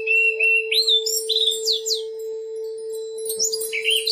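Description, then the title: Oriental magpie-robin song, a rapid run of sweet whistles and quick up-and-down slurs, a brief pause, then more notes, over a steady background hum. "Kicau Kacer"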